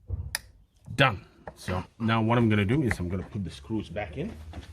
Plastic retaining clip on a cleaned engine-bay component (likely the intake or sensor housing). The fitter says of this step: make sure it seals and then you want to clip this back into place until it clicks done